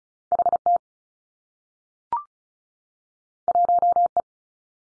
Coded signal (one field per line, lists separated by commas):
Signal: Morse code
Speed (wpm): 36 wpm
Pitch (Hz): 700 Hz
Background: none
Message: H T 1 E